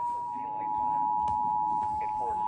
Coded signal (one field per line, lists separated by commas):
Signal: Emergency Alert System (SAME) tones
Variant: 853 and 960 Hz attention tone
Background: speech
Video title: EAS - Required Weekly Test and Severe Thunderstorm Warnings - 05/01/2024 to 05/05/2024